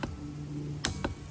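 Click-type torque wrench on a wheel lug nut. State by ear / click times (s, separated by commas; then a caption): torque reached / 0.9 s. A click-type torque wrench is pushed down on a wheel lug nut of a Porsche Macan GTS, retorqued after a brake bleed, until it clicks at the specified torque. Over a steady low hum, a sharp click is heard at 0.9 s, with fainter ticks near 0.0 s and 1.0 s. The wrench reaches its setting and the nut is torqued.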